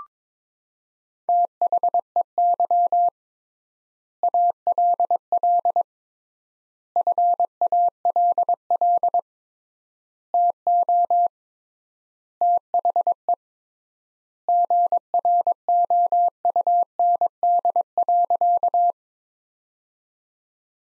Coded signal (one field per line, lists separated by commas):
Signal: Morse code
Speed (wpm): 22 wpm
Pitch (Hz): 700 Hz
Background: none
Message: THEY ALL FALL TO THE GROUND.